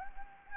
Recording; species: mosquito wingbeat signal from an infrared sensor; Anopheles gambiae